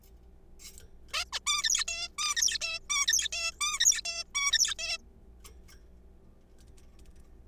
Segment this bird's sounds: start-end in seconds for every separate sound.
1.14-1.24, 1.33-1.39, 1.47-1.85, 1.88-2.08, 2.18-2.58, 2.62-2.79, 2.90-3.07, 3.08-3.28, 3.33-3.52, 3.61-3.79, 3.80-4.01, 4.05-4.24, 4.35-4.74, 4.79-4.97